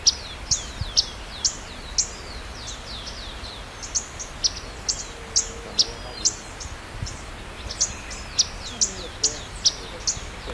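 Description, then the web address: Hummingbird call: sharp, high chips with quick downward slurs, given in an uneven series about twice a second, over faint low background rumble. "cantos colibri"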